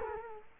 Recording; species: mosquito wingbeat signal from an infrared sensor; Culex quinquefasciatus